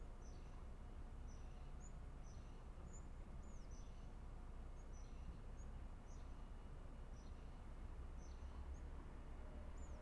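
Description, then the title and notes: European crested tit calls, high thin downslurred notes repeated irregularly over persistent low background rumble. Recorded from an inner corridor of Montjuïc Cemetery, Barcelona, facing the Olympic Ring. "Cementiri de Montjuic. herrerillo capuchino (Lophophanes cristatus)"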